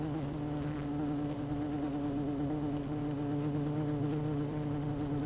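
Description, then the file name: Honey bee colony humming, a steady low buzzing drone with stacked harmonic tones that waver slightly throughout. Queen bee in hive 1, recorded 12 June 2018 at 16:30. "Hive 1 12 06 2018 Queen Bee 16 30 00"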